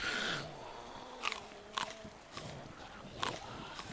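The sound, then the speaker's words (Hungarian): Someone bites into a plum and keeps chewing, with four short, moist crunching bursts at uneven intervals over a low, steady background hiss. No one speaks. “Úgyhogy ennek körülményre megeszem a szilvámat.”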